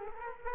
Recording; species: mosquito wingbeat signal from an infrared sensor; Culex quinquefasciatus